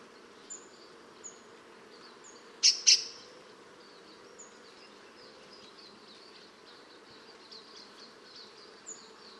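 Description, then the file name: New Caledonian grassbird calls: two sharp explosive notes close together early on, with faint high thin whistles scattered through a steady low hum. Recorded at Les Grandes Fougères, Farino, New Caledonia, on 4 July 2009. "new caledonia grassbird locklate les grandes fongeres farino 2009-07-04"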